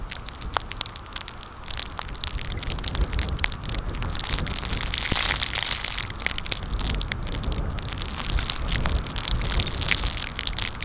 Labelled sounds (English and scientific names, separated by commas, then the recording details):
none
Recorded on Arctic tundra, site CORI-1, on 15 June 2018
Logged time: 10:00